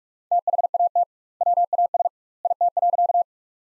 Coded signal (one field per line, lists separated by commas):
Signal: Morse code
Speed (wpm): 46 wpm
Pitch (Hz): 700 Hz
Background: none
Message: THAT WAS IT.